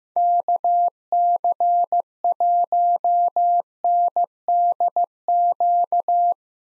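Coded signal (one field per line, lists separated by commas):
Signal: Morse code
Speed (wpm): 15 wpm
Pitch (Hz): 700 Hz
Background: none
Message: KC1NDQ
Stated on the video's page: Head-copy drill of common Parks on the Air activator callsigns at 15 WPM; each callsign is sent in Morse, spoken, then sent again.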